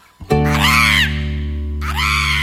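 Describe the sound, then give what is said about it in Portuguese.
Two loud, harsh macaw screeches, the first long and arching, the second shorter and cut off, sound over a steady, humming musical tone with no talking. “Lá vem a dona Arara.”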